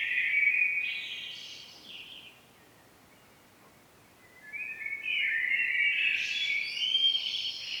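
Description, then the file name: Common blackbird song: a warbled phrase, a quiet gap of about two seconds, then a longer rising, twittering phrase. "Turdus merula"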